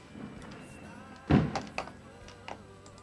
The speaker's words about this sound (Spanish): Me dice acá Dan, dice, oye, ¿estás en Azcapo? Se oyen los mismos cohetes por acá.